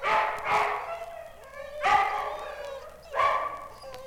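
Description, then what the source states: Dog giving a few loud, hoarse barks with pauses between them. Dogs at a dog pound.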